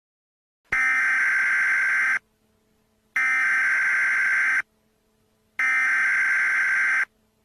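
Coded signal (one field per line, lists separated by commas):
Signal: Emergency Alert System (SAME) tones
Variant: header bursts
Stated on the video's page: Fictional EAS scenario about a large tornado levelling Wichita, Kansas.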